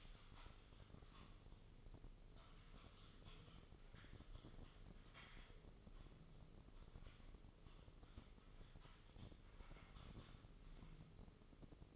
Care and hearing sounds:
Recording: daily activity, microphone in the room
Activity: typing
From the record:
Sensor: 4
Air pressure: 996.0 hPa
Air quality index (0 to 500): 64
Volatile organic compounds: 2 ppm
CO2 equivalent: 1142 ppm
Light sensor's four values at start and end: 14/38/14/14 and 15/42/16/17

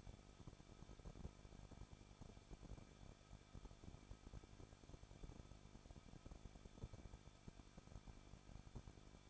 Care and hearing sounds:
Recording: daily activity, microphone in the room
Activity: no activity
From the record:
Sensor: 5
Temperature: 20.9 degrees Celsius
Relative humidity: 38.2%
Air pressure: 1006.4 hPa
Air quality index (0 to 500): 187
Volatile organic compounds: 18 ppm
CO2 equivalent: 2621 ppm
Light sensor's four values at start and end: 2/3/1/1 and 2/3/1/1

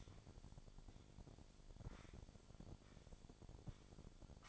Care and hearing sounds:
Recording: daily activity, microphone in the room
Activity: sweep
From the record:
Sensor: 5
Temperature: 26.3 degrees Celsius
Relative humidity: 38.1%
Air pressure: 1007.1 hPa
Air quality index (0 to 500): 179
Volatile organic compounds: 5 ppm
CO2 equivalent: 1708 ppm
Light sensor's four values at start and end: 57/160/62/63 and 57/160/62/63

